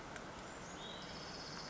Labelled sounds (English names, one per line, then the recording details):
Olive-sided Flycatcher
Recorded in Sonoma County, California